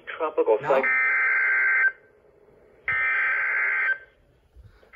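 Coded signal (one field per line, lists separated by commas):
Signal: Emergency Alert System (SAME) tones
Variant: header bursts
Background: speech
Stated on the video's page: NOAA Weather Radio required weekly test from a Weather Forecast Office transmitter, conducted Wednesdays between 11 AM and noon.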